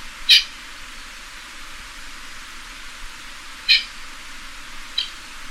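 Pheasant making three brief raspy calls, the last one fainter, over a constant background hiss.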